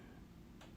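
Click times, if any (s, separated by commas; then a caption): 0.6 s. A battery is pushed into the battery compartment of a Sony ZV-E10 mirrorless camera, a battery that only fits one way. After a quiet low hum, a single short, crisp click sounds at 0.6 s as the battery seats in place.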